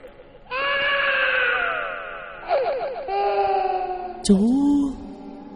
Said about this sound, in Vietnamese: Bỗng nhiên là có tiếng khóc. Là có tiếng khóc.